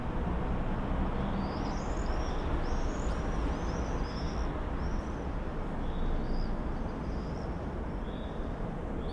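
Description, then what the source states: Common swifts giving rapid shrill screams in quick overlapping series, several birds calling together, with a steady deep rumble underneath. Summer evening in a backyard in Bytom, Poland; many swifts flying around; recorded with Zoom F4 and AT BP4025 microphone.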